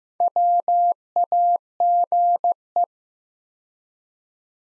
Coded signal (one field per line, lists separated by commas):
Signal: Morse code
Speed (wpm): 15 wpm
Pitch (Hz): 700 Hz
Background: none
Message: WAGE